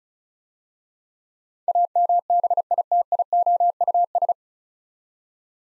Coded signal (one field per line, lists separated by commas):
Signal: Morse code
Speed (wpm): 36 wpm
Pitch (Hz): 700 Hz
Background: none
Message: AMBITIOUS